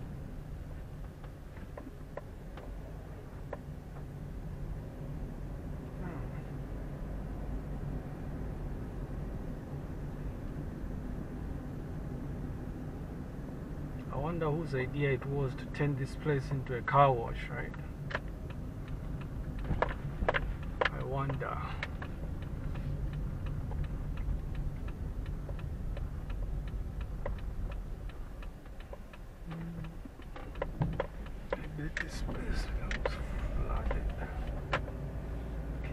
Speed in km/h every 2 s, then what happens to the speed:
11, 12, 16, 20, 24, 25, 25, 23, 19, 19, 16, 16, 14, 10, 4, 5, 9, 15.
0-8 speeds up to 24. 12-29 slows to 4. 31-36 speeds up to 15.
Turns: 31-36.